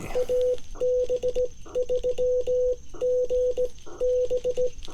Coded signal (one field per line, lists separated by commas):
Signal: Morse code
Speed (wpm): 16 wpm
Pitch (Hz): 500 Hz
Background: none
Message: AB3GB